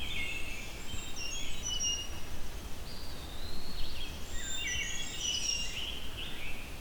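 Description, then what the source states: Brown Creeper song: thin, very high sliding phrases, some overlapping, over steady low hiss. Two birds singing very high-pitched songs in Halton Forest; one spotted while it keeps singing.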